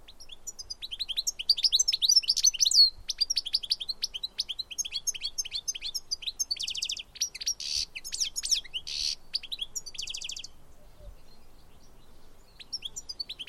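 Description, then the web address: Bird calls, dense high chirps and rapid trills, some repeated notes in fast stuttering bursts, continuing for about ten seconds then thinning out. "Deverinetal"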